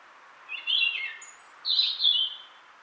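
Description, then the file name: European robin giving two short bursts of high, thin, warbled notes separated by a brief pause. "Erithacus rubecula"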